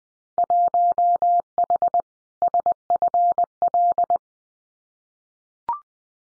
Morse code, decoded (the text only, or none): 1H SFL